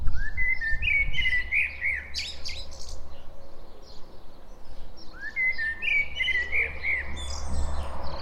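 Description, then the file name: Common blackbird singing two low, mellow warbled phrases about five seconds apart, each closing with thin high squeaks, over a steady low rumble. "Turdus merula"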